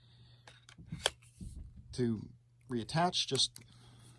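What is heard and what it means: A detached segment of a collapsible LED buugeng, a spinning prop, is handled near its connecting joint while someone talks. Brief sharp handling taps are heard at about 0.5, 0.7 and 1.1 seconds. The clip ends before the segment goes home, so nothing has seated or clicked yet.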